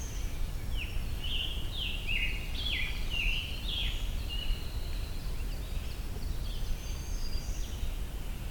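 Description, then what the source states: American Robin singing a run of clear caroling phrases, about two each second, then pausing. Singing up ahead on a forest trail during a hike in the Allegheny National Forest.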